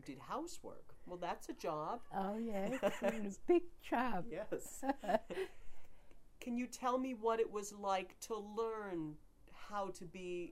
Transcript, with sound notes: You did housework. Well, that's a job.
Oh, yes. [laughs] Big job.
Yes. [chuckles] [laughs] Can you tell me what it was like to learn how to be